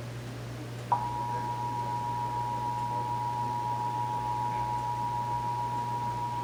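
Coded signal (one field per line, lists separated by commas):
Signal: Emergency Alert System (SAME) tones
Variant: 853 and 960 Hz attention tone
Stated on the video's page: Texas Required Monthly EAS Test, July 2024, as received on several radio and TV stations.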